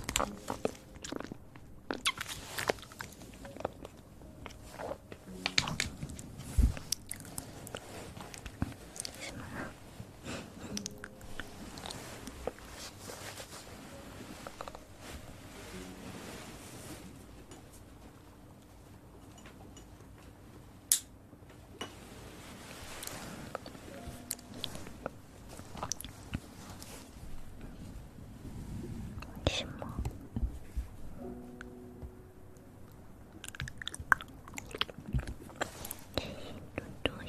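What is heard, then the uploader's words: Mouth sounds of chewing and biting, with irregular wet clicks and crunches scattered throughout, a quieter stretch midway, and brief murmured tones. Mouth sounds.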